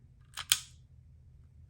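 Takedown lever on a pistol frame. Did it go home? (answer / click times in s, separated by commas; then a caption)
yes / 0.5 s. The small takedown lever on a Sig P226 9mm pistol frame is flipped back to its locked position after the slide has been put back on the frame. A faint click at 0.4 s is followed by a sharp, bright click at 0.5 s as the lever seats into place.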